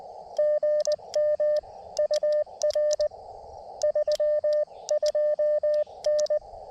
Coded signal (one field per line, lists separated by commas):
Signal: Morse code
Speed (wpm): 19 wpm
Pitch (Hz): 600 Hz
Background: radio noise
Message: GM UR 32N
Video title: A little CW POTA at K-2096 Letchworth State Park